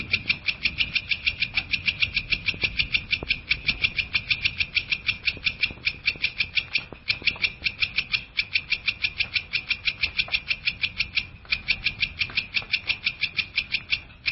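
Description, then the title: Long-tailed shrike song: dense, even series of high, harsh clicking notes repeated rapidly for the whole stretch, with brief dips and soft background noise. Champion songbird. "Kicau Burung Cendet Juara"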